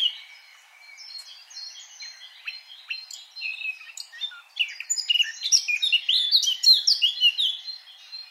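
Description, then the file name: Eurasian blackcap song: subdued warbling that swells into a loud, varied, flutelike flourish before fading. "Sylvia atricapilla"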